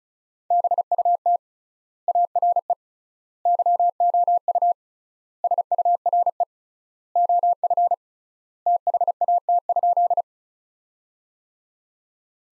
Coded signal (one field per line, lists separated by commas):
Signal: Morse code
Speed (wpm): 36 wpm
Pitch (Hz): 700 Hz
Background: none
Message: BUT ARE YOU SURE OF THAT?